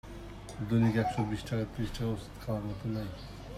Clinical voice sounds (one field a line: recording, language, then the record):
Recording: elicited speech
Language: Bengali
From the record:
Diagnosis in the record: Broca's or global aphasia after a stroke